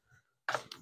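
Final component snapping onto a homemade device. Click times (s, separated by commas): 0.5 s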